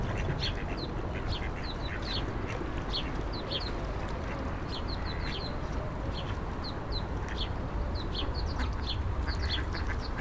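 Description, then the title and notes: Ducks quacking often throughout, over a steady low hum of traffic. Ducks fed by passers-by on the Old Town Promenade, Stare Miasto, Wrocław, at 16:00; passing cars and buses; Sony PCM-D50 recorder, Rode NT4 microphone, FEL BMA preamplifier. "Kaczki i gołębie na Promenadzie Staromiejskiej cz.1 Lokalizacja: Stare Miasto Czas: 16.00. Kaczki i gołębie karmione przez przechodniów. Odgłosy przejeżdżających samochodów i autobusów. Autor nagrania: Bartosz Grzyb"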